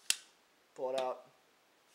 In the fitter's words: gonna be real real careful with it push it down all the way wait for the click